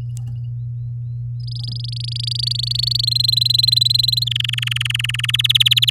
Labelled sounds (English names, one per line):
Domestic Canary song